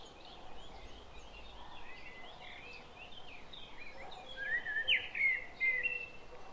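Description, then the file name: Common blackbird, clear fluty warbling phrase in the second half after softer chirps. "Turdus merula"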